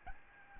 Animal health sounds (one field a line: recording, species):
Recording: mosquito wingbeat signal from an infrared sensor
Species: Aedes albopictus